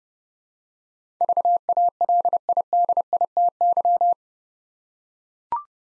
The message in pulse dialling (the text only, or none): none